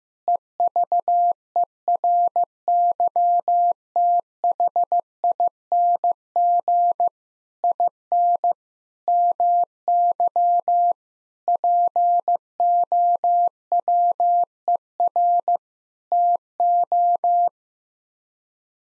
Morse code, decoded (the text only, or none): EVERYTHING IN MY POWER TO